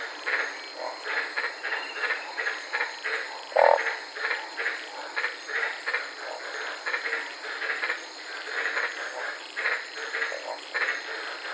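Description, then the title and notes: White-lipped tree frogs calling in a dense chorus of short, harsh, repeated barks, overlapping callers, with a brief sharper click partway through and steady high hiss. Several frogs calling at night in the Daintree rainforest, Queensland, Australia, recorded from inside a car. "White Lipped Frog Podcast. I was sitting in my car in the Daintree rainforest in Queensland this night and fell asleep listening to these amazing White lipped frogs"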